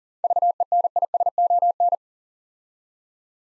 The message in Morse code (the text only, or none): VENISON